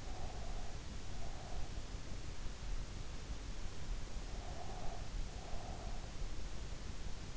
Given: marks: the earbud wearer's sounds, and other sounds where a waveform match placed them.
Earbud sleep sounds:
sounds in sleep by an in-ear microphone; breath
0.00-1.71 s: breath
4.26-6.26 s: breath

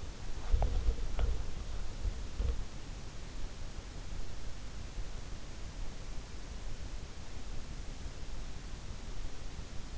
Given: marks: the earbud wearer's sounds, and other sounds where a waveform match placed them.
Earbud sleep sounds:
sounds in sleep by an in-ear microphone; body movement
0.00-3.61 s: body movement

